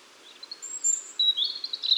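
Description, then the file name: European robin giving thin, high drawn-out whistles and quick warbling notes in a short continuous burst over soft background hiss. "Erithacus rubecula"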